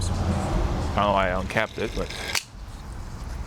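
A plastic cap is handled over a plastic product bottle that was opened by mistake while mixing detailing chemicals. Someone talks over low background noise, with a brief sharp sound near 2.4 s. The cap has not clicked shut or seated yet.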